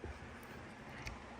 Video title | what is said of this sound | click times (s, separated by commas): 2015 Jeep Wrangler Steering Column Clock Spring Replacement and Turn Signal Switch | goes over the edge and it snaps in place. | 1.1 s